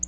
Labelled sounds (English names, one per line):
Black-throated Blue Warbler flight call